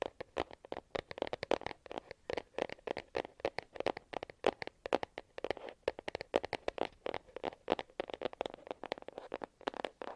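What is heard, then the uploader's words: Intense tapping runs throughout, a dense stream of sharp, quick taps with brief gaps, sometimes clustered in fast bursts. Each tap is crisp and fairly bright, with a hollow midrange body. No other sounds stand out beneath the tapping. ASMR INTENSE TAPPING.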